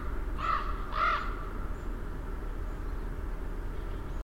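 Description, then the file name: Raven call, two short hoarse croaks in quick succession, then steady low background rumble with faint high bird notes. Recorded 6 October 2008 with chickadees. "20081006 chickadees ravens"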